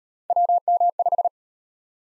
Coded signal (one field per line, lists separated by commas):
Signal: Morse code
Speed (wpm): 35 wpm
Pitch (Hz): 700 Hz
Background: none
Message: WM5